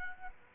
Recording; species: mosquito wingbeat signal from an infrared sensor; Culex quinquefasciatus